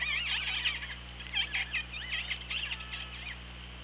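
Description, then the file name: Orca calls: a rapid tumble of squeaky, wavering whistles and calls for several seconds above a steady low underwater hum. Recorded on the OrcaLab hydrophone, 24 August 2017, 18:11. "Orca Lab UTLN JASON 20170824 181144"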